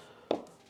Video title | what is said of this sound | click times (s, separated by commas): Foxpark S1 Solar Wireless Backup Camera - Unboxing and Quick Install | plug this in there you go make sure it clicks | 0.3 s